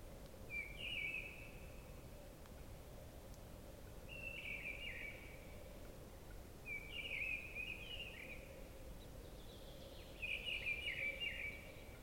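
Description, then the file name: Common chaffinch: four short, scratchy trilled phrases repeated roughly every three seconds against a constant low hum. "Fringilla coelebs"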